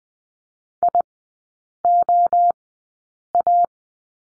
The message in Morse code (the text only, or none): IOA